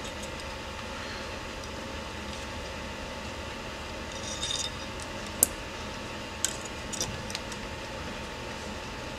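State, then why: Seated. A small part is pressed into a 1960s small-block Chevy distributor during a rebuild and snaps into place with a sharp click at 5.4 s, so that part is used and the other is kept as a spare. A steady low hum runs throughout, with a brief metallic rattle around 4.5 s and a second, weaker tick at 6.4 s.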